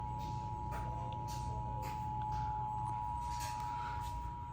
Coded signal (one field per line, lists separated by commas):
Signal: Emergency Alert System (SAME) tones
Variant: 853 and 960 Hz attention tone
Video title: Ventura County Flash Flood Warning EAS on December 20, 2023